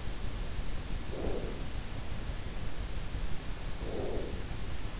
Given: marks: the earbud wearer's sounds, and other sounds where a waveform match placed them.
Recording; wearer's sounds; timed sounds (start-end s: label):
sounds in sleep by an in-ear microphone; breath
0.93-2.13 s: breath
3.67-4.71 s: breath